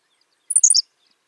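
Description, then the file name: Henslow's sparrow giving one brief, very high hiccuping phrase of quick buzzy notes, with silence around it. "Ammodramus henslowii - Henslow's Sparrow"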